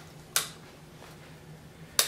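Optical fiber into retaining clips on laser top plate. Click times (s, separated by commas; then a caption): 0.4 s, 2.0 s. Optical fiber, wrapped counterclockwise around a laser's top plate, is pressed into the retaining clips. Two sharp, bright clicks sound at 0.4 s and 2.0 s over a faint steady low hum. The clips hold the fiber in place and it is seated.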